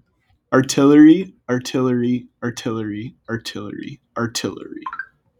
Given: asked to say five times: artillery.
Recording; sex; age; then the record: repeated word; male; 18 to 19 years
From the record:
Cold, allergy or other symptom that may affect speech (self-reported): no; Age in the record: 19 years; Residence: Minnesota, United States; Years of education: 12